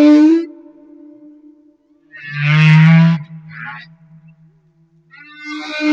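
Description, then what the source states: Humpback whale singing low tonal moans overlaid with rich, harmonic bursts, plus a short higher buzzy note between phrases. Madagascar.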